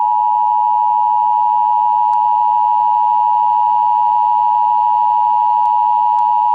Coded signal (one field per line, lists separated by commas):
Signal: Emergency Alert System (SAME) tones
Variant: 853 and 960 Hz attention tone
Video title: Emergency Alert System Test - Nuclear Bomb Attack - 2017